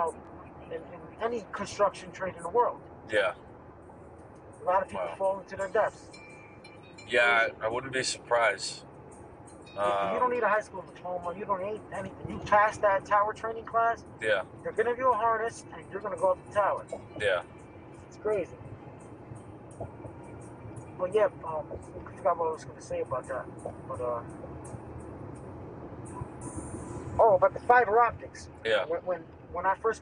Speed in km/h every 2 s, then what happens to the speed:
66, 61, 56, 56, 55, 50, 45, 42, 40, 40, 39, 39, 37, 34, 34.
0-4 slows to 56. 4-9 steady at about 56. 9-15 slows to 40. 15-30 steady at about 39.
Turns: none.